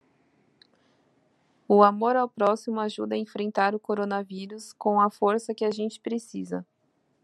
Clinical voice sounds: spoken sentence; Brazilian Portuguese; female; 20 to 29 years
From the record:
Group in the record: control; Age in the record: 26 years

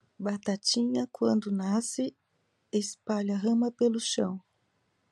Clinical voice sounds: short text; Brazilian Portuguese; female; 50 to 59 years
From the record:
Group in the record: control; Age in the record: 52 years

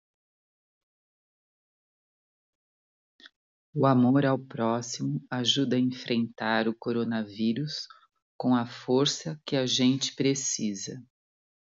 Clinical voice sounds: spoken sentence; Brazilian Portuguese; female; 50 to 59 years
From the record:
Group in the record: control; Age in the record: 59 years

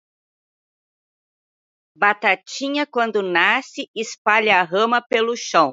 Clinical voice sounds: short text; Brazilian Portuguese; female; 60 to 69 years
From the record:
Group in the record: control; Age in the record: 67 years

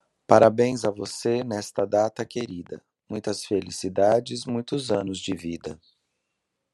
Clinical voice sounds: short text; Brazilian Portuguese; male; 50 to 59 years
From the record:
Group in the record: control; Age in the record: 52 years

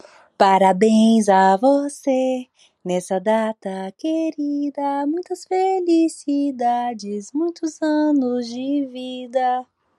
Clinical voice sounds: short text; Brazilian Portuguese; female; 20 to 29 years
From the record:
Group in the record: control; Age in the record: 29 years

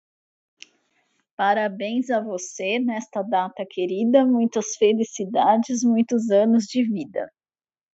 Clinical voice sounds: short text; Brazilian Portuguese; female; 40 to 49 years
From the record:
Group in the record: control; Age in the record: 41 years

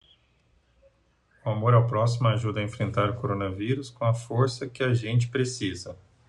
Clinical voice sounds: spoken sentence; Brazilian Portuguese; male; 40 to 49 years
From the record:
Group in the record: control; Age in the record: 42 years

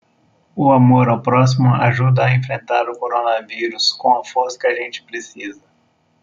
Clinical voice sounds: spoken sentence; Brazilian Portuguese; male; 30 to 39 years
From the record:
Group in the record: control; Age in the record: 34 years

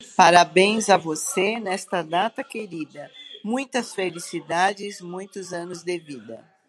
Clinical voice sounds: short text; Brazilian Portuguese; female; 60 to 69 years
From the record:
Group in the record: control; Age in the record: 61 years

